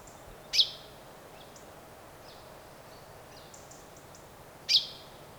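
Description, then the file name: Common chaffinch calls: two sharp high notes about four seconds apart, with faint scattered soft chirps between them and low background hiss. "Fringilla coelebs"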